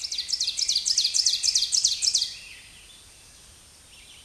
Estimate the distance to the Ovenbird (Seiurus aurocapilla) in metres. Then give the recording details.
about 15 m. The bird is about 5 m above the microphone. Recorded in a Pennsylvania forest on 16 May 2024 at 06:55. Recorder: AudioMoth, point MSD-2083. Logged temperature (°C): 16.7 °C. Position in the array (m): 138 m, 8 m